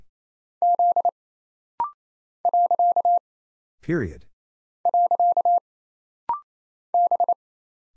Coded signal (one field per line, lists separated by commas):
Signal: Morse code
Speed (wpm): 27 wpm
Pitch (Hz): 700 Hz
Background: none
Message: Z . . B